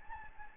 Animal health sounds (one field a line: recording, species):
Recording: mosquito wingbeat signal from an infrared sensor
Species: Anopheles gambiae